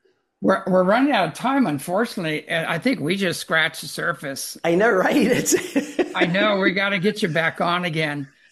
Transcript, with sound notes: we're running out of time, unfortunately. Uh, I think we just scratched the surface.
I know, right? (laughs) It's ...
I know, we gotta get you back on again.